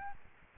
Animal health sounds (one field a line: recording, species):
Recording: mosquito wingbeat signal from an infrared sensor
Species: Aedes aegypti